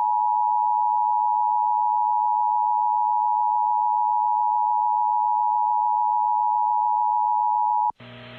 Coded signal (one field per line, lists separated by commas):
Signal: Emergency Alert System (SAME) tones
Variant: 853 and 960 Hz attention tone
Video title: EAS Severe Thunderstorm Warning Downtown Wichita Falls, Texas! NOAA Weather Radio +WeatherSTAR4000